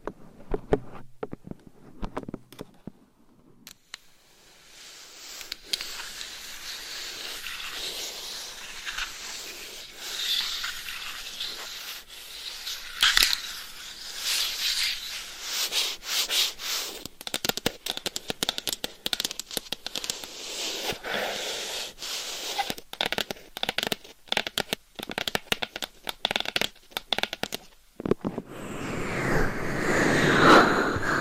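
Scratching and tapping on a microphone cover, starting sparse with quiet gaps, then dense bright rubbing with rapid sharp taps through the end.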